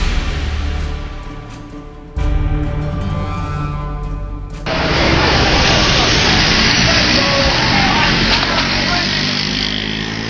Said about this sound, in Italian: Un campo dopo una battaglia. Ecco cosa sembra questa strada di Napoli. Una moto attraversa la via e fa la gincana tra residui di sacchetti rotti e cumuli ancora accatastati ai lati.